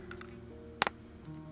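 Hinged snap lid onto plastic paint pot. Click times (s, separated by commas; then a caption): 0.8 s, 0.9 s. A hinged snap lid is pressed shut onto a plastic paint pot after painting, and two needed clicks are heard so the paint won't leak. Two sharp clicks sound at 0.8 s and 0.9 s over a quiet, steady background with faint ticks near the start. The lid is fully seated.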